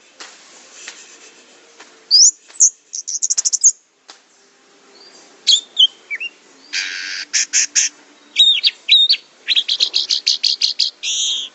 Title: Anis Merah